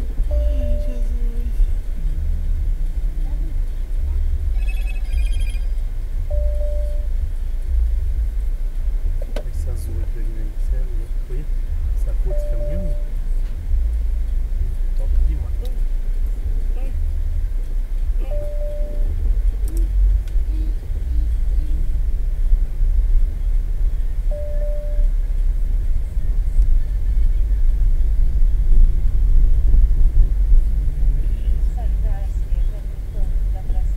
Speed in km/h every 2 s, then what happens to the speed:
6, 6, 6, 5, 6, 6, 6, 6, 7, 10, 14, 14, 14, 16, 17, 19, 19.
0-15 steady at about 6. 15-20 speeds up to 14. 20-34 steady at about 16.